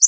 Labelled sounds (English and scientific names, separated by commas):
Connecticut Warbler (Oporornis agilis) flight call